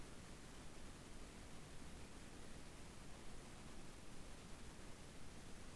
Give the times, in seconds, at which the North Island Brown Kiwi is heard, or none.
none